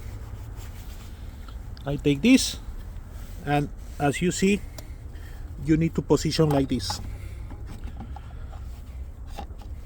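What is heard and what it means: Someone talks while lining up an EV charging adapter (for charging a Hyundai EV with NACS Tesla, J1772 or CCS1 connectors) with the charger connector, with faint handling ticks near 8.0 and 8.2 seconds. The adapter has not been pushed home yet, so nothing has seated or clicked yet.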